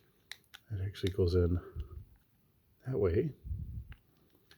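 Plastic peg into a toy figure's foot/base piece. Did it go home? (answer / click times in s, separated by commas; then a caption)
yes / 3.9 s. A plastic peg part of a buildable toy robot figure is pushed into its socket in the figure's foot/base piece while someone talks. It seats with a small snap at 3.9 seconds.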